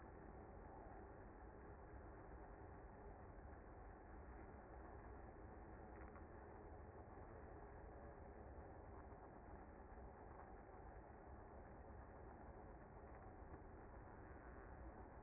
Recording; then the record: honeybee colony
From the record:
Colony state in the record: active